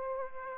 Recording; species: mosquito wingbeat signal from an infrared sensor; Aedes aegypti